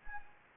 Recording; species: mosquito wingbeat signal from an infrared sensor; Anopheles gambiae